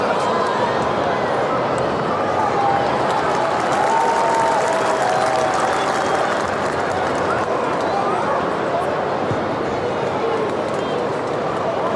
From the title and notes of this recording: Sounds of Rugby League. No commentators, just crowd and the sound of human collision.